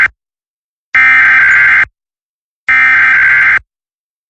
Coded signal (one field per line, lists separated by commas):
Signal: Emergency Alert System (SAME) tones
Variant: header bursts